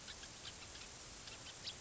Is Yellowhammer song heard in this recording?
no